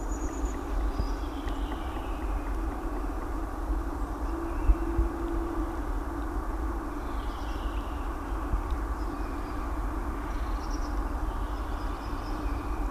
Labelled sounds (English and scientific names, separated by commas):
Black Woodpecker (Dryocopus martius)